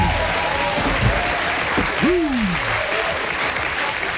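Steady, dense applause from a crowd after an opening song fills the whole stretch at an even loudness, with a brief swooping whistle-like tone rising and falling partway through.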